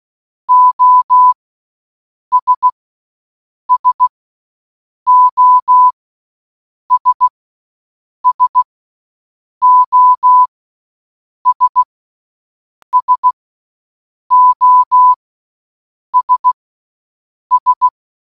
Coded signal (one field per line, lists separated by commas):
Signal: Morse code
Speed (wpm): 16 wpm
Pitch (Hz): 1000 Hz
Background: none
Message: OS SOS SOS SOS S